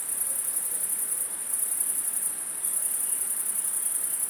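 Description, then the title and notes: Great Green Bush-cricket singing an unbroken, very high, shimmering buzz that continues throughout, with a quiet background. First of the year, several individuals singing in Virginia creeper covering a house, 700 m altitude, late afternoon into evening, from a balcony, Fourcinet, Drôme, France, 9 July 2018. "Fourcinet - Drôme. Rencontre avec les premières Grandes Sauterelles vertes"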